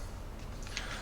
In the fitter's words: and locks back in